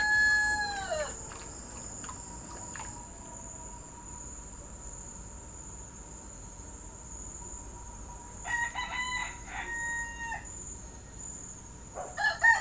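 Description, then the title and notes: Rooster crows: a falling crow at the start, then more crowing near the end, with a constant shrill insect tone throughout. Roosters in Port-au-Prince, Haiti, heard from dawn to dawn; recorded November 2014. "Port-au-Prince ne se tait jamais. De l’aube à l’aube, 2 millions d’habitants, de coqs et de chiens déambulent sur des trottoirs invisibles. Le Bruit et la fureur ASBL, ARTE Radio"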